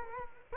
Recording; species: mosquito wingbeat signal from an infrared sensor; Culex quinquefasciatus